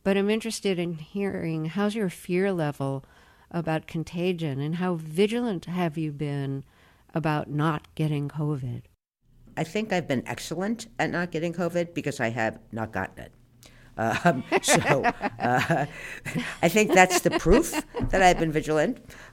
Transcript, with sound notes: But I'm interested in hearing - how's your fear level about contagion? And how vigilant have you been about not getting COVID?
I think I've been excellent at not getting COVID because I have not gotten it.
(LAUGHTER)
So I think that's the proof that I've been vigilant.